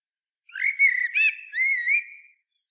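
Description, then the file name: Common blackbird giving whistled calls: a wavering thin note, brief rougher notes, then a longer slurred whistle that rises slightly at the end. "Turdus merula"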